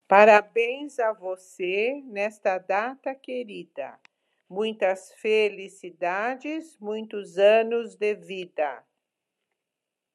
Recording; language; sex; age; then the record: short text; Brazilian Portuguese; female; 70 to 79 years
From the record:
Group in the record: control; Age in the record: 71 years